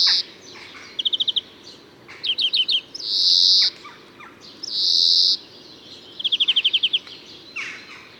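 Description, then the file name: European greenfinch calling: short bursts of quick trilled notes, two drawn-out nasal wheezes, then another fast trill. "Chloris chloris"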